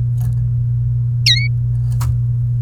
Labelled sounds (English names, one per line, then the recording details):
Domestic Canary song
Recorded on 29 April 2018 at 06:33
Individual llb3